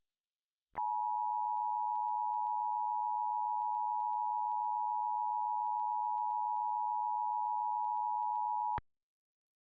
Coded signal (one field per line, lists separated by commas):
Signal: Emergency Alert System (SAME) tones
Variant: 853 and 960 Hz attention tone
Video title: EAS Scenario #2: Social Distancing Gone Wrong